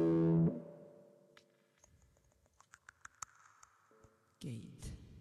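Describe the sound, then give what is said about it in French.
A loud instrument note stops abruptly, yet its tone keeps ringing in a long, church-like reverb wash while soft clicks tick beneath; another burst of playing enters near the end. “Pourquoi j'ai le son d'église ?”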